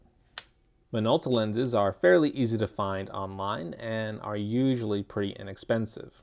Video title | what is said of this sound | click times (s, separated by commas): How to Use a Minolta Maxxum 5000 35mm Film Camera | एक lens लगाने के लिए बस लाल बिंदुओं को पंक्तिबद्ध करें और लेंस को दक्षिणावर्त घुमाएं जब तक कि आपको एक क्लिक सुनाई न दे | 0.4 s